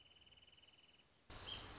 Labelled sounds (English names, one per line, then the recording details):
Wrentit
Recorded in Sonoma County, California